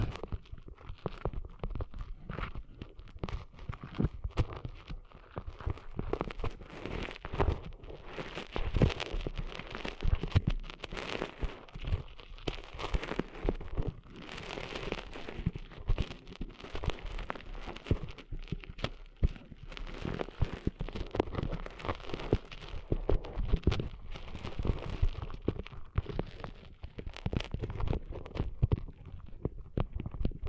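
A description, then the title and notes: Sand being cleaned out of ears makes dense, continuous crackling and scratchy rustles, with sharp pops scattered steadily through the whole thirty seconds. ASMR Cleaning Sand Out of Your Ears (No Talking).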